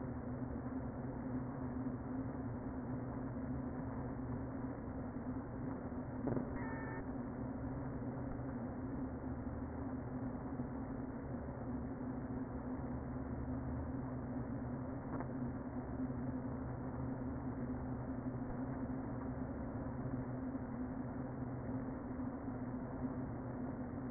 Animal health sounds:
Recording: honeybee colony, microphone inside the hive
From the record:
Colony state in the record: queen present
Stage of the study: before two queens were removed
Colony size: about 60,000 bees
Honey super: yes

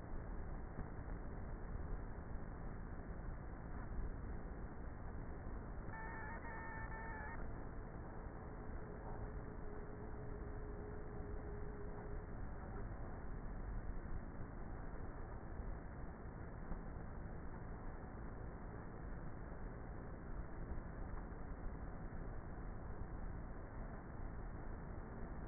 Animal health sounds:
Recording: honeybee colony, microphone inside the hive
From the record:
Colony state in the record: queenless with a low population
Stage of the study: before two queens were removed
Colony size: about 30,000 bees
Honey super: no

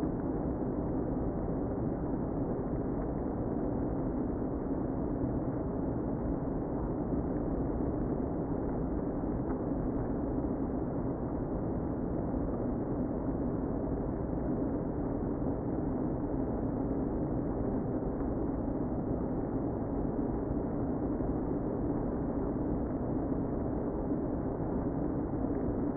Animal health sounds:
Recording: honeybee colony, microphone inside the hive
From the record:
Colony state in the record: queen present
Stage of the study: before two queens were removed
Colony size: about 60,000 bees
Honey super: yes

